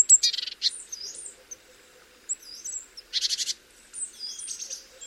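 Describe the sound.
Great tit calls: sharp high notes and slurred whistles broken by two dry, rasping churr bursts.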